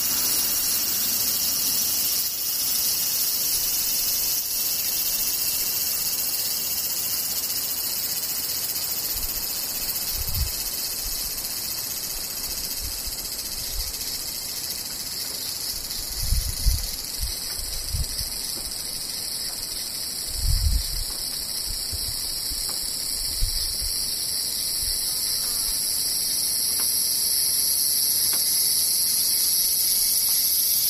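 Cicadas buzz in a steady, dense high-pitched drone throughout, with a few brief low thumps around the middle and later.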